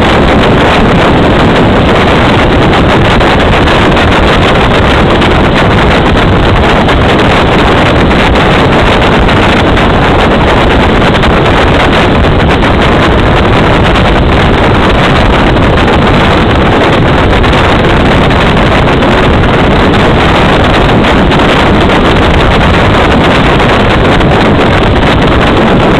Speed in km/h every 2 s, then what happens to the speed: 87, 88, 84, 86, 87, 86, 84, 84, 83, 82, 83, 83, 84.
0-26 steady at about 84.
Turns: none.